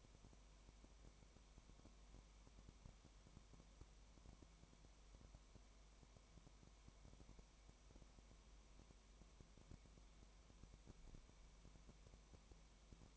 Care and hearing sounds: daily activity, microphone in the room; no activity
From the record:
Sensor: 1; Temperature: 19.1 degrees Celsius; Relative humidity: 34.1%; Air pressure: 1001.3 hPa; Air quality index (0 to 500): 82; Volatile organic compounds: 1 ppm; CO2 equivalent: 821 ppm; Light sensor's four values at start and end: 1/2/1/1 and 1/2/1/1

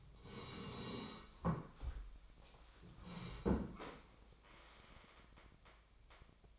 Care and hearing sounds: daily activity, microphone in the room; sit down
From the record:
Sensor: 1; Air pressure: 1015.3 hPa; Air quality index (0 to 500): 146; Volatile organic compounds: 7 ppm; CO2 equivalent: 2021 ppm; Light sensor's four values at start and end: 12/30/12/14 and 12/30/12/14

